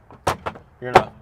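On a 2025 Honda Pioneer 1000-5 Trail Edition UTV, a hand handles the release lever on top of the flip-up rear seat, which is pushed down to lock the seat in place. There is a faint tap near 0.1 s, a sharp knock at 0.3 s and another at 0.5 s, and then someone talks. Nothing has seated or clicked yet.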